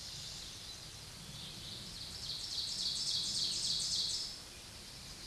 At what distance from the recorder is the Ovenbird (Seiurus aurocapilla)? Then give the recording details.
about 30 m. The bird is about 5 m above the microphone. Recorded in a Pennsylvania forest on 16 May 2024 at 07:23. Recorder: AudioMoth, point MSD-1539. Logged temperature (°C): 16.0 °C. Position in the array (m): 150 m, -9 m